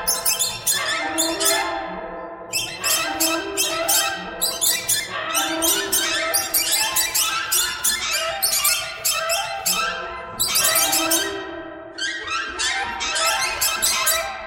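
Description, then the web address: Birds in a loud chorus, harsh squeaky calls overlapping continuously, with surges of louder calls. "soundfactory birds"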